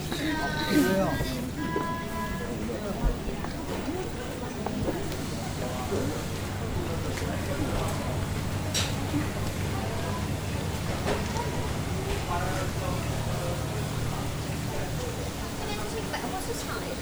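A busy covered market street with many voices overlapping in a steady crowd murmur. A low constant hum runs underneath throughout, and occasional sharp clicks and clatters cut through, with a louder burst near the start.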